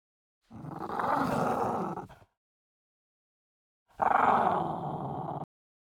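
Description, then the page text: French bulldog snarling in two harsh, rough bursts, each lasting under two seconds, separated by a pause of nearly two seconds. Intense snarl of a French bulldog. "French Bulldog Snarl Intense. Quick Sounds"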